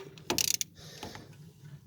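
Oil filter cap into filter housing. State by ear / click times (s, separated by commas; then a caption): torque reached / 0.3 s, 0.6 s. An oil filter housing cap is tightened into its filter housing with a ratcheting tool, giving sharp ratchet clicks at 0.3 and 0.6 s amid a short burst of mechanical clicking, then softer ticks. The clicks mark the cap reaching its stop, fully tightened.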